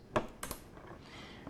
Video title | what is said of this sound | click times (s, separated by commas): Live Computer Build | it down until it clicks and | 0.2 s